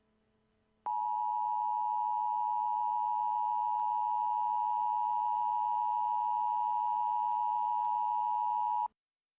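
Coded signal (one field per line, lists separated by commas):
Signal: Emergency Alert System (SAME) tones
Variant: 853 and 960 Hz attention tone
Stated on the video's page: Simulated EAS scenario, fictional alert.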